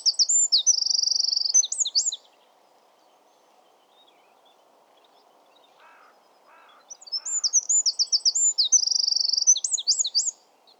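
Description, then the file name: Eurasian wren song ends with high trills and a buzzy rattle, followed by a pause with three soft lower notes, before the wren starts a second rapid trilling phrase. "Troglodytes troglodytes"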